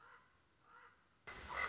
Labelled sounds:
Common Raven
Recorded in Sonoma County, California

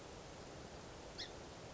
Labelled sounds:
Song Sparrow
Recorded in Sonoma County, California

